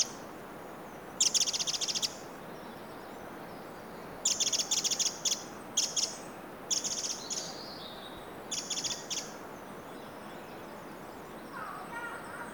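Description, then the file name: Eurasian wren calling with sharp, high tick bursts and short rattles spaced a second or two apart, fading later as a faint lower chirp appears near the end. "Troglodytes troglodytes"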